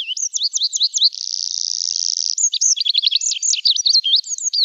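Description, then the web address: Olive-backed pipit singing continuously in a high register, with slurred twittering notes around a sustained buzzy stretch, then more rapid sweeping and zigzag notes. "Schulze Peter Olive-backed Pipit song"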